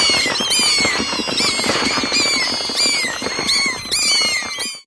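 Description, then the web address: Bats squeaking, a dense chorus of high chirps and downward-sweeping squeaks overlapping continuously, with a faint rustling clatter beneath. Bats squeaking in flight. "il suono dei pipistrelli in volo che squittiscono"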